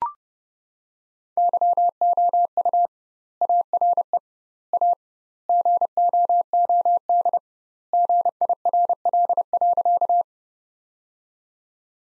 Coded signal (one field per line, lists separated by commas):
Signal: Morse code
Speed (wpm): 30 wpm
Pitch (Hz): 700 Hz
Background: none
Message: YOU ARE A GOOD GIRL.